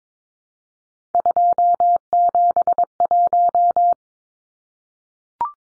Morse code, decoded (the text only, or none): 271